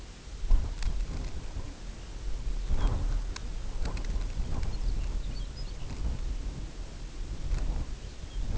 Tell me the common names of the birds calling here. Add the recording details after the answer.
Lapland Longspur. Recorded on Arctic tundra, site UTQI-0, on 16 June 2019. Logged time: 20:00